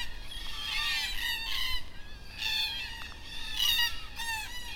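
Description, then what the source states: Black cockatoos calling, harsh wavering rasping wails with rich harmonics, in bursts about every second. Black cockatoos at dusk in Perth.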